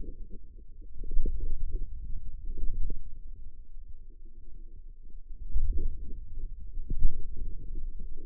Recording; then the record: forearm muscle sounds (acoustic myography)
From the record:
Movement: radial deviation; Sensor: system 2, bracelet of six BSWA MPA416 microphones around the upper forearm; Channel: 6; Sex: female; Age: 21 years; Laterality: right